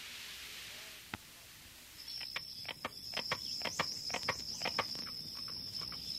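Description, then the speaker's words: Carpenter frog calling in sharp, knocking taps like a hammer striking wood, in quick irregular series, with a thin high insect whine starting partway through. Northern species reaching Florida only in the extreme northern peninsula; inhabits acid sphagnum bogs; call likened to someone hammering. "As its name suggests, the call sounds like someone hammering."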